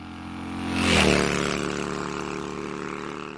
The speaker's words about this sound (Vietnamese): Vừa lên xe, bỗng nghe tiếng xe máy rú lên dữ tợn, tiếng rú quen thuộc của con hẻm cây điệp.